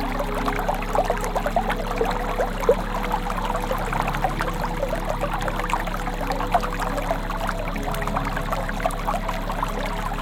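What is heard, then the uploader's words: A stream babbles steadily, its dense trickling and small splashes continuing without pause at an even level. Beneath the water, soft music holds long, sustained tones, and a constant low hum runs underneath throughout. Peaceful music accompanied by the soothing sound of a stream.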